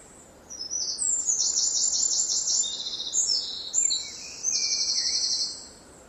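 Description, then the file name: Eurasian wren singing one long, shrill outpouring of fast trills and sharp twittering notes lasting about five seconds, with softer lower chirps faintly behind it. "Troglodytes troglodytes"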